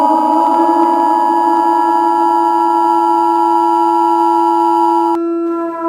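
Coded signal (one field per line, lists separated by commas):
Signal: Emergency Alert System (SAME) tones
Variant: 853 and 960 Hz attention tone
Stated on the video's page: Fictional EAS scenario about a mistaken alien attack, a simulated alert.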